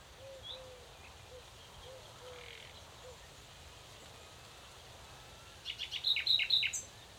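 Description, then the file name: Common nightingale calls: a quick burst of sharp, high chirping notes near the end, after a stretch of faint, low, repeated notes in the background. "Luscinia megarhynchos"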